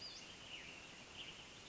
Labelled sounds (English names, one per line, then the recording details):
Western Flycatcher
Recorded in Sonoma County, California